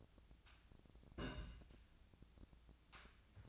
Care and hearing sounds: daily activity, microphone in the room; place on stove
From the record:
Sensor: 2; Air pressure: 999.8 hPa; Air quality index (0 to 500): 122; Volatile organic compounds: 2 ppm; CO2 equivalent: 1050 ppm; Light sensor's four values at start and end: 34/84/37/41 and 34/84/37/41

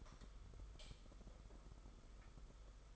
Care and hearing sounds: daily activity, microphone in the room; light on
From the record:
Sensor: 5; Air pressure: 991.1 hPa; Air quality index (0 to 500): 108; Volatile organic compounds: 24 ppm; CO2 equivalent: 2824 ppm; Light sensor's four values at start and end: 18/42/17/19 and 19/48/19/21

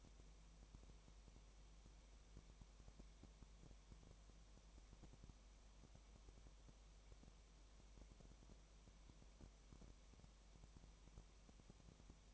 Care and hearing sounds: daily activity, microphone in the room; no activity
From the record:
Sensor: 1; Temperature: 19.4 degrees Celsius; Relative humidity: 35.7%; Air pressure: 1003.3 hPa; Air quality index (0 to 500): 113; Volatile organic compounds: 2 ppm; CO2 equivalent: 1258 ppm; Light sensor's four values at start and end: 1/2/1/1 and 1/2/1/1

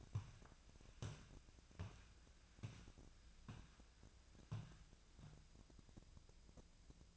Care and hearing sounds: daily activity, microphone in the room; walk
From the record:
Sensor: 2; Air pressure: 1012.0 hPa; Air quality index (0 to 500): 171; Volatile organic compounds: 2 ppm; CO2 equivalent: 1250 ppm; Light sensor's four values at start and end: 47/118/52/59 and 41/110/46/51

